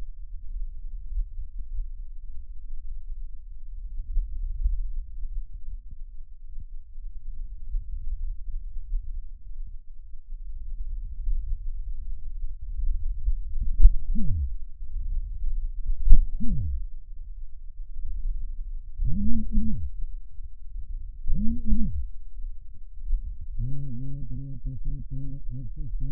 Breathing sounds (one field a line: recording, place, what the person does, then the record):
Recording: lung sounds by stethoscope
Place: right anterior apical chest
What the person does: quiet breathing, then cough and speech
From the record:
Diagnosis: pulmonary infection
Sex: male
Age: 54 years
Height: 187 cm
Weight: 95 kg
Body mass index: 27.2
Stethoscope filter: bell mode